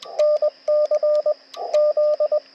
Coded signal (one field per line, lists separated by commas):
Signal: Morse code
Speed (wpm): 20 wpm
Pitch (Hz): 600 Hz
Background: radio noise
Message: NC Z